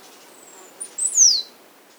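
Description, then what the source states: Yellow-throated tanager song: a short, very high thin note, then a sharp descending slurred whistle over quiet background hiss. South America.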